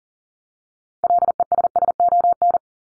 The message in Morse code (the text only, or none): LESSON